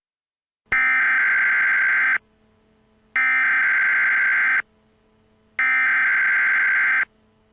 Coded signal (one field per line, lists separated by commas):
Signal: Emergency Alert System (SAME) tones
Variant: header bursts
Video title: 3 Days - An EAS Scenario